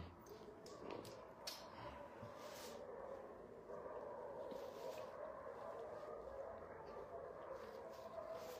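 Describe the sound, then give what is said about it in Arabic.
Several street dogs bark in short, scattered bursts, mostly early on, over a steady wash of street noise that carries on throughout. “حتى الكلاب في الشارع مش موافقين.”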